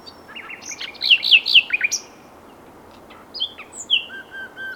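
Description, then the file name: Common nightingale song, a short cluster of loud warbled and whistled notes, then softer scattered notes and whistles. "Luscinia megarhynchos"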